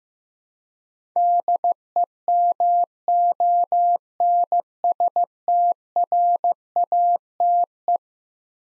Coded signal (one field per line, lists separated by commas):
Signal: Morse code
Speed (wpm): 15 wpm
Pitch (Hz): 700 Hz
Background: none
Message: DEMONSTRATE